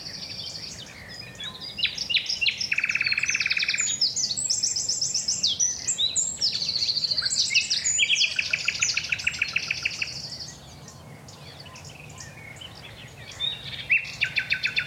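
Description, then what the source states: Common Nightingale singing a long, varied sequence of rich whistles and buzzy repeated trills, with short pauses between phrases. Nightingale singing at the crack of dawn on a secret common and woodland in Dorset; Britain's most famous songster, increasingly scarce.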